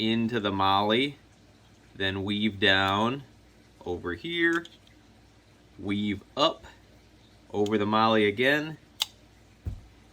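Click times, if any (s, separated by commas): 9.0 s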